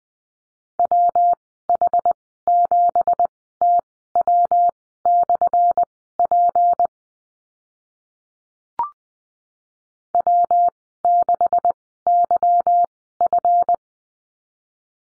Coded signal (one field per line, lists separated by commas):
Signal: Morse code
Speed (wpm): 19 wpm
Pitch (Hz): 700 Hz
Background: none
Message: WH7TW/P W6YF